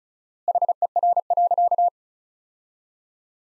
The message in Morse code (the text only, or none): HER.